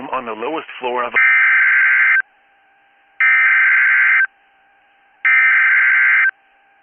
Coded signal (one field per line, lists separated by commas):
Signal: Emergency Alert System (SAME) tones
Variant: header bursts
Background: speech